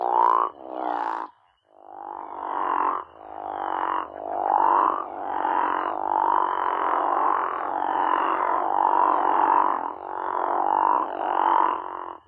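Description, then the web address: Crawfish frog giving a series of long, grating snoring calls, back to back after a brief pause near the start. North America. "Songs of Frogs Toads of North America. Crawfish Frog"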